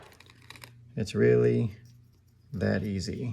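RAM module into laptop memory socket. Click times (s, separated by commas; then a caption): 0.5 s, 0.6 s. A DDR4 SO-DIMM memory module is pushed down into the motherboard socket of an HP Pavilion laptop being upgraded to 32GB of RAM until the retaining clips catch. It clicks into place at 0.5 s and 0.6 s, after a few faint ticks. Someone then talks.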